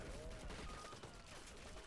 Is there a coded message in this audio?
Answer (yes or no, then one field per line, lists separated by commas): no